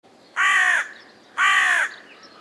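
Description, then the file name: Carrion crow uttering two drawn-out, rasping caws about a second apart. "Corvus corone"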